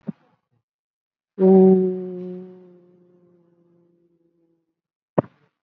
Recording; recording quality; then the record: sustained vowel as in boot; excellent, no background noise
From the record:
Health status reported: COVID-19 positive, mild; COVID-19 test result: positive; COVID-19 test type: RT-PCR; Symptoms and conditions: hypertension, diabetes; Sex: female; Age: 57 years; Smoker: no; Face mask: not worn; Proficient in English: no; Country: India